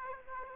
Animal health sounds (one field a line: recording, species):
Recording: mosquito wingbeat signal from an infrared sensor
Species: Aedes aegypti